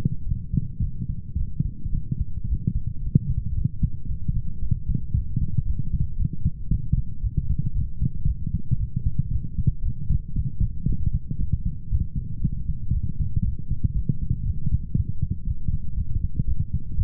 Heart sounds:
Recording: heart sounds by stethoscope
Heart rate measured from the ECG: 115 bpm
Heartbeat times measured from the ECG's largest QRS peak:
0.26 s: heartbeat
0.81 s: heartbeat
1.37 s: heartbeat
1.92 s: heartbeat
2.47 s: heartbeat
3.02 s: heartbeat
3.55 s: heartbeat
4.08 s: heartbeat
4.61 s: heartbeat
5.13 s: heartbeat
5.65 s: heartbeat
6.17 s: heartbeat
6.69 s: heartbeat
7.22 s: heartbeat
7.74 s: heartbeat
8.26 s: heartbeat
8.78 s: heartbeat
9.30 s: heartbeat
9.83 s: heartbeat
10.35 s: heartbeat
10.87 s: heartbeat
11.38 s: heartbeat
11.90 s: heartbeat
12.41 s: heartbeat
12.92 s: heartbeat
13.43 s: heartbeat
13.94 s: heartbeat
14.45 s: heartbeat
14.95 s: heartbeat
15.45 s: heartbeat
15.96 s: heartbeat
16.46 s: heartbeat
16.96 s: heartbeat
From the record:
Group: healthy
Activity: light exercise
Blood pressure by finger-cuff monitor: 150/94 mmHg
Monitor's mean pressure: 111 mmHg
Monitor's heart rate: 115 bpm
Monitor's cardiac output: 11 L/min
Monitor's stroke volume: 95 mL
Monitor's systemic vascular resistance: 740 dyn s/cm5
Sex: male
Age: 24 years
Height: 184 cm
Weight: 89 kg

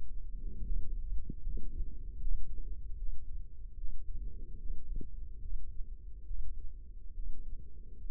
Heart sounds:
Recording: heart sounds by microphone in the left ear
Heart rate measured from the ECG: 73 bpm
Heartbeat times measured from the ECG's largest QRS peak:
0.62 s: heartbeat
1.40 s: heartbeat
2.17 s: heartbeat
2.95 s: heartbeat
3.75 s: heartbeat
4.56 s: heartbeat
5.39 s: heartbeat
6.24 s: heartbeat
7.13 s: heartbeat
7.97 s: heartbeat
From the record:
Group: healthy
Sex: male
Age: 35 years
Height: 178 cm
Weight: 64 kg

